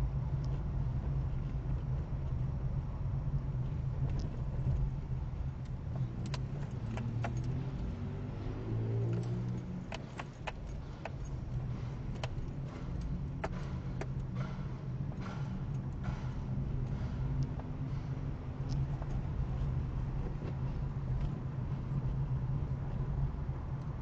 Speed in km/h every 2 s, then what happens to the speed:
21, 19, 17, 12, 7, 15, 17, 20, 21, 22, 24, 25.
0-9 slows to 7. 9-13 speeds up to 20. 13-24 steady at about 22.